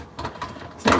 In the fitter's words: just push that in and it locks and then at the top same